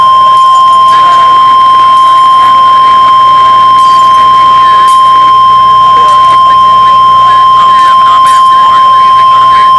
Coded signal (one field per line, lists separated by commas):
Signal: Emergency Alert System (SAME) tones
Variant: 1050 Hz attention tone